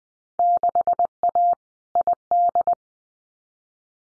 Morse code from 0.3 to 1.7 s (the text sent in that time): 6A